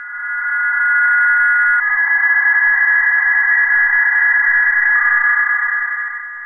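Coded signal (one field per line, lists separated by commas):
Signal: PSK31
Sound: several faint steady warbling tones over band-limited hiss, continuous for the whole clip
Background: radio static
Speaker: you see the incoming decoded text appear in the receive text window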